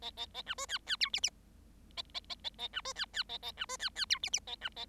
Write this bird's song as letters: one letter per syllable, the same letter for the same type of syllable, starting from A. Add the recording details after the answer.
A A A B C D D E F F A A A A A B C D D A A B C D D E F F A B A. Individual Bird7